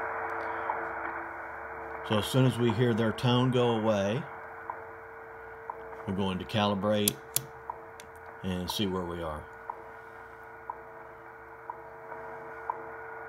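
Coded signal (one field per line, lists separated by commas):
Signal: radio time signal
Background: speech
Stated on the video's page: WWV time signal on 15 MHz, received on a KWM-2A while zero-beating to calibrate it.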